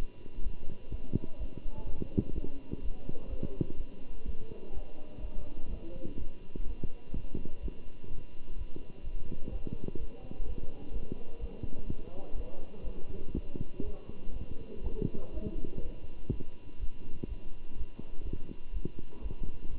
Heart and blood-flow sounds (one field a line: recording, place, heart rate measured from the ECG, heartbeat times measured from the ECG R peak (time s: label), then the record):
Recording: heart sounds by stethoscope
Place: between the tricuspid and mitral areas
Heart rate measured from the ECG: 125 bpm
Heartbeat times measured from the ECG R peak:
0.42 s: heartbeat
0.90 s: heartbeat
1.38 s: heartbeat
1.85 s: heartbeat
2.33 s: heartbeat
2.81 s: heartbeat
3.28 s: heartbeat
3.76 s: heartbeat
4.24 s: heartbeat
4.73 s: heartbeat
5.20 s: heartbeat
5.69 s: heartbeat
6.17 s: heartbeat
6.65 s: heartbeat
7.13 s: heartbeat
7.61 s: heartbeat
8.09 s: heartbeat
8.57 s: heartbeat
9.03 s: heartbeat
9.51 s: heartbeat
9.98 s: heartbeat
10.45 s: heartbeat
10.92 s: heartbeat
11.39 s: heartbeat
11.87 s: heartbeat
12.35 s: heartbeat
12.83 s: heartbeat
13.33 s: heartbeat
13.83 s: heartbeat
14.32 s: heartbeat
14.82 s: heartbeat
15.32 s: heartbeat
15.81 s: heartbeat
16.30 s: heartbeat
16.79 s: heartbeat
17.27 s: heartbeat
17.76 s: heartbeat
18.24 s: heartbeat
18.72 s: heartbeat
19.21 s: heartbeat
19.69 s: heartbeat
From the record:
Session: Bruce protocol treadmill stress test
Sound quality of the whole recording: good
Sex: male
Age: 23 years